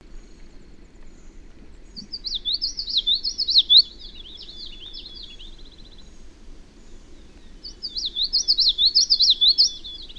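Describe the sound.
Bird song of rapid, high, wavering chirps in two lively phrases, separated by a stretch of low background hum.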